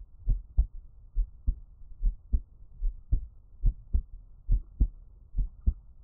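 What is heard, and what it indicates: An adult's heartbeat heard up close, a steady lub-dub at about 70 beats per minute, low-pitched thumps with no talking.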